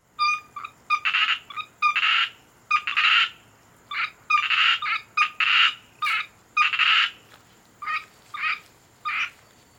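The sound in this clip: Asian grass frog calling in many quick rasping bursts, each a pulsed croak, some in tight pairs, over a faint steady high hiss.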